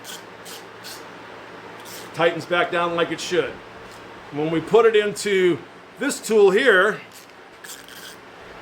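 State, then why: Stripped. A hex driver bit is turned in a demo bolt with a worn hex socket, and someone talks over it. When the bolt is tightened, the bit slips and grinds against the metal instead of gripping, with sharp slip sounds at 7.7 s and 7.9 s. The socket-head bolt is confirmed stripped.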